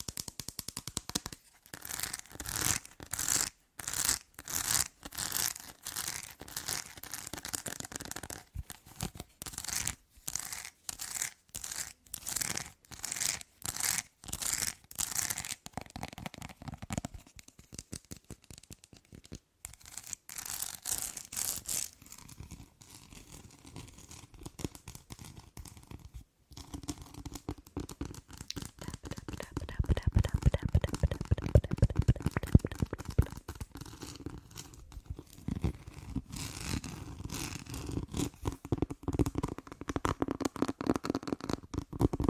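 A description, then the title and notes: Rapid fingernail tapping on chocolate, dense crisp clicks with brief pauses, turning softer and lower with crinkly wrapper sounds in the second half. ASMR FAST CHOCOLATE TAPPING.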